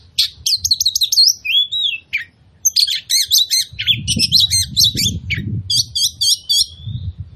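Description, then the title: Oriental magpie-robin singing fast, with repeated stuttering high notes, a slurred whistle and clicky bursts, while a low rumbling noise swells in the background midway. Persistent full-burst song, used as a lure to provoke other magpie-robins into fighting, fanning their tails and displaying. "KACER NGOTOT FULL TEMBAKAN. Pancingan Kacer Gacor Plong Plongan Buat Kacer Lain Auto Emosi Buka Ekor Ngobra"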